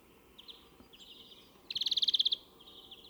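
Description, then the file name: European greenfinch calling, a few soft twittering notes followed by a loud, rapid trill of about a dozen even notes lasting under a second, then quieter twitters again. "Chloris chloris"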